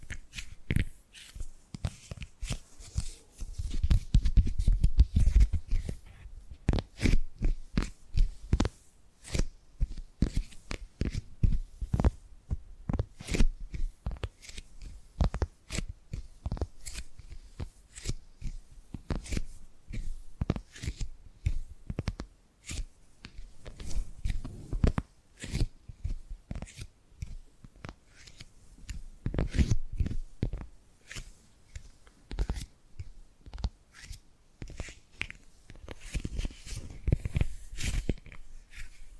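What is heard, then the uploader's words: Dry tapping and gripping sounds, with quick crisp clicks packed densely and unevenly for the whole length. Heavier low thumps and rustling swell in short bursts, most clearly around five seconds, again near twenty-five, and toward the end. ASMR Tapping and Gripping Sounds for Sleep(No Talking).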